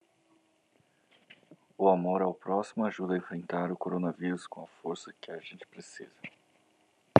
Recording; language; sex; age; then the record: spoken sentence; Brazilian Portuguese; male; 40 to 49 years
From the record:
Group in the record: control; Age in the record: 44 years